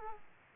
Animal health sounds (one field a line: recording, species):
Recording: mosquito wingbeat signal from an infrared sensor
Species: Aedes aegypti